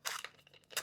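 A 3D-printed plastic threaded locking ring (end-cap) on an airsoft mock suppressor heat shield is being tightened with a purpose-made tool. Crunchy, crinkling plastic threading noises are heard, with sharp bursts near 0.1 s and 0.8 s. The ring is being handled and is not yet home, and nothing has seated or clicked yet.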